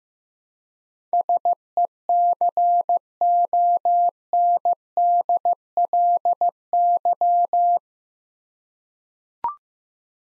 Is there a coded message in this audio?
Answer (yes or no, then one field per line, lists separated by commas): yes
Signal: Morse code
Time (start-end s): 1.1-7.8 s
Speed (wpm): 15 wpm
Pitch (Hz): 700 Hz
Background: none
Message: SECONDLY